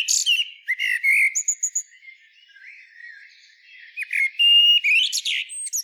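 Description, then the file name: Common blackbird song: mellow fluted warbles with thin high squeaks, a quiet lull midway, then louder phrases ending in sharp twittering notes. "Turdus merula"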